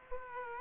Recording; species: mosquito wingbeat signal from an infrared sensor; Aedes aegypti